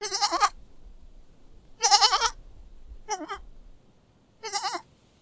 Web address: Lynne Music 2 Goat-Baby-Goat-Bleat-Four-Times